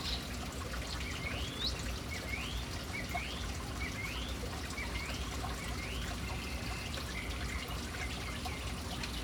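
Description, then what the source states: A bird repeating a rising whistled call at a steady pace, with a few other chirps, over constant splashing water. Birds in a city, gathered around a fountain.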